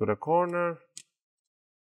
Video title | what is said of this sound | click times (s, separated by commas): Lenovo Yoga 530 - 14RR 81H9 - BATTERY REPLACEMENT | and you're gonna hear some clicks those are the clips that are getting loose | 1.0 s